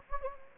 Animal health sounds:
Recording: mosquito wingbeat signal from an infrared sensor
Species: Anopheles gambiae

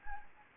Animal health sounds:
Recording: mosquito wingbeat signal from an infrared sensor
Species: Anopheles gambiae

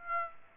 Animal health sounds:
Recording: mosquito wingbeat signal from an infrared sensor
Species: Aedes aegypti

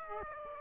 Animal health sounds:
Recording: mosquito wingbeat signal from an infrared sensor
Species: Aedes aegypti

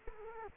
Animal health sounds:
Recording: mosquito wingbeat signal from an infrared sensor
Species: Culex quinquefasciatus

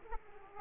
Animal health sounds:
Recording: mosquito wingbeat signal from an infrared sensor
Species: Aedes aegypti

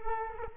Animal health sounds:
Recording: mosquito wingbeat signal from an infrared sensor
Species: Culex quinquefasciatus

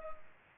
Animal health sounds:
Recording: mosquito wingbeat signal from an infrared sensor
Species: Culex pipiens

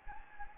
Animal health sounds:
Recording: mosquito wingbeat signal from an infrared sensor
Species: Anopheles gambiae

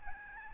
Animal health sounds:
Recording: mosquito wingbeat signal from an infrared sensor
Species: Aedes albopictus

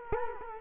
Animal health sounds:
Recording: mosquito wingbeat signal from an infrared sensor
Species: Culex quinquefasciatus

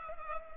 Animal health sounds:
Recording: mosquito wingbeat signal from an infrared sensor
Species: Culex pipiens

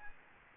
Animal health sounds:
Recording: mosquito wingbeat signal from an infrared sensor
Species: Aedes albopictus

